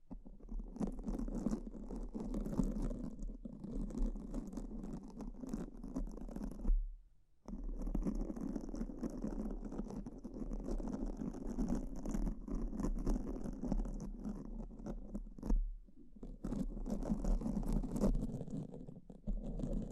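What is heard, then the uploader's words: Continuous brain-scratch sounds with no talking: dense, rough scratching and scraping with a fuzzy, rustling texture, mostly low and full but with a faint hiss above. It runs steadily, stopping briefly near 7 seconds and again around 15 seconds before resuming. ASMR S E N S I T I V E Brain Scratch (No Talking).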